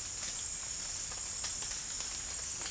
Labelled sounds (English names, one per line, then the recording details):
none
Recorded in dense forest near Puerto Asís, Putumayo, Colombia, on 12 March 2025 at 07:30
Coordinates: 0.484, -76.317
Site G064